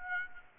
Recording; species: mosquito wingbeat signal from an infrared sensor; Aedes aegypti